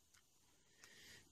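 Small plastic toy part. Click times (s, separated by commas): 0.8 s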